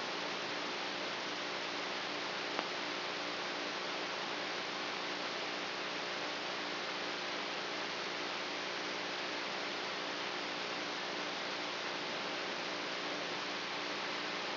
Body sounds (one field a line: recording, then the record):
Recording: brain microelectrode recording played as sound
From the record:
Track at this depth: inside the subthalamic nucleus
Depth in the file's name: 2.205 mm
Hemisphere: right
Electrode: 3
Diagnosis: Parkinson's disease